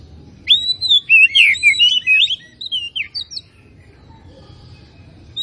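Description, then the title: Oriental magpie-robin giving a rapid tumble of sweet whistles and chirps for about three seconds, then quiet with a faint low hum. At Tretes; singing vigorously (gacor). "Kacer Tretes"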